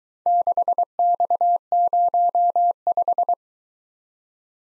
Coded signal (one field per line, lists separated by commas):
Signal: Morse code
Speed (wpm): 23 wpm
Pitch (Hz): 700 Hz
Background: none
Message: 6X05